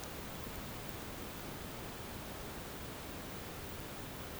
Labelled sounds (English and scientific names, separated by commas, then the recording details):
none
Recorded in pastures near Puerto Asís, Putumayo, Colombia, on 24 March 2025 at 11:30
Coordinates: 0.472, -76.329
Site G074